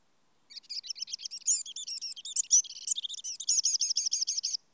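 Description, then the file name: Eurasian wren song, a vigorous high-pitched burst of chattering trills and sharp notes, closing with a rapid series of identical repeated notes; no other sounds. "Troglodytes troglodytes"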